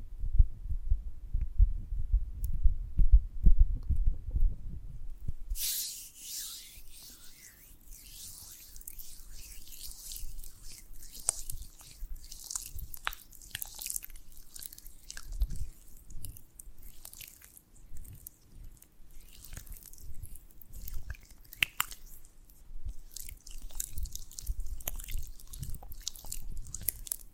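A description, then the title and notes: Sticky chewing of honeycomb on a branch, starting with low thumping, then bright wet crackles and crunches repeating densely throughout. ASMR of a Honeycomb on Branch (No Talking).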